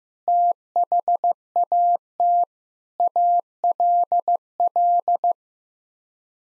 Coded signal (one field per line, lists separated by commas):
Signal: Morse code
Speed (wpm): 14 wpm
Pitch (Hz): 700 Hz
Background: none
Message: THAT ALL